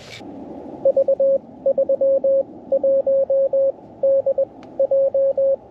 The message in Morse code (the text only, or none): V31DJ